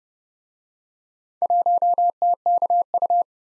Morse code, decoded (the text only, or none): 1TKU